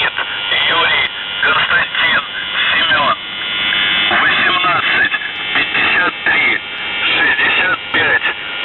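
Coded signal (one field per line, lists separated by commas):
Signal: numbers station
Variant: UVB-76 voice message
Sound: a male voice speaking over noisy shortwave radio static, with no buzzer tones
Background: radio static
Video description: The Buzzer/UVB-76(4625Khz) April 17th, 2023 Voice messages; 00:00 0755z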